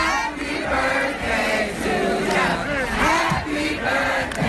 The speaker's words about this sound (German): Der hat letzte Nacht bei einem Festival in Philadelphia performt. Und pünktlich um 0 Uhr hat er nicht selbst für Beyoncé gesungen, sondern seine Fans dazu animiert. Die haben das natürlich auch brav gemacht und die Videos davon bei Twitter gepostet.